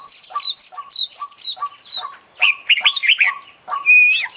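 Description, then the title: Oriental magpie-robin song, a repeated lower chip series building into loud varied whistles, ending with a long pure whistled note. Competition magpie-robin song, described as an international champion bird with a full, varied song. "KICAU KACER JUARA INTERNASIONAL FULL ISIAN KOMPLIT DURASI PANJANG"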